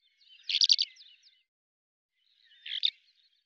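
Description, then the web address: Bird giving a quick cluster of high, buzzy chirps, then a shorter second burst about two seconds later. "Deverinetal 2025 File cleaned normalized Bird Al Ar"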